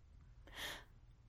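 A single abrupt, breathy catch of air lasts under half a second against a low room hum, with no voicing. It is a hiccup: a sudden involuntary spasm of the diaphragm that snaps the airway shut.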